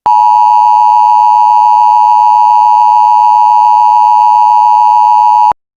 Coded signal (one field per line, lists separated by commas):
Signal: Emergency Alert System (SAME) tones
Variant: 853 and 960 Hz attention tone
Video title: EAS Scenario #6:SCP Containment Breach